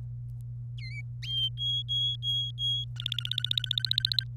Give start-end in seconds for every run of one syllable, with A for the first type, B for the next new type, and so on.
0.78-1.01 A, 1.57-2.84 B, 2.96-4.24 C